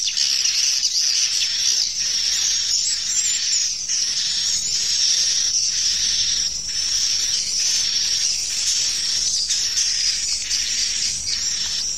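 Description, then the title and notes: Swiftlets chirping in a thick, unbroken high-pitched chorus, a thin steady whistle-like tone running throughout and pulses of louder chatter. Farmed swiftlets in Asia. "Swiflet Bird Sound. Farming Swiflet Bird asia sound"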